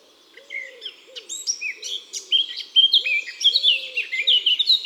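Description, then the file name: Eurasian blackcap song: clear, varied whistled and warbled notes in a lively phrase, with repeated low arched calls of another bird beneath. Song; woods and forests. "Fauvette a tete noire Chants doiseaux des bois et des forets"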